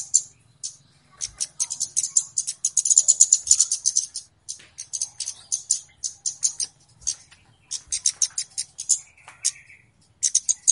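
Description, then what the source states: Flowerpecker calls: bursts of high, thin ticking with short gaps between bursts and a brief lower whistle. Clear flowerpecker calls used as a lure; local Indonesian names kemade and cabe-cabean.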